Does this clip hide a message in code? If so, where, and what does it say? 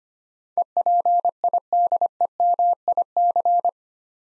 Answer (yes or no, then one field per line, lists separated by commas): yes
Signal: Morse code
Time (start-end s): 0.6-3.7 s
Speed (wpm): 25 wpm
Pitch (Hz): 700 Hz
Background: none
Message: EPIDEMIC